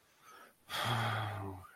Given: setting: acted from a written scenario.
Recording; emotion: vocal sound without words; shame